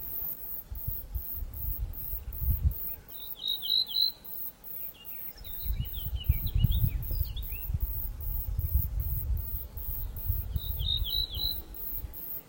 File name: Canto do hortulana